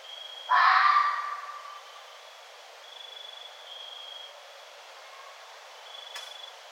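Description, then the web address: Red fox giving a single harsh, hoarse scream lasting about a second, followed by quiet with a faint steady high whine and a brief click near the end. Recorded 1 November 2011. "sounds mammals Red Fox 2011 11 01 Red Fox"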